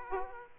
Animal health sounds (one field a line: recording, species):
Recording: mosquito wingbeat signal from an infrared sensor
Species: Aedes aegypti